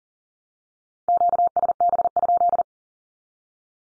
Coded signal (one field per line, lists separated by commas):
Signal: Morse code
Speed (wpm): 40 wpm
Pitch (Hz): 700 Hz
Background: none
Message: QSB?